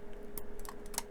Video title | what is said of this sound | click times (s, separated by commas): Build Eddie Stobart issue 107 from Hachette | this hole in the side of the chassis and pops into place there now that one went in nice and Bonny | 1.0 s